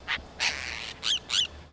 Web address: Sound Effects-Foundation. BIRD APOSTLE BIRD CALL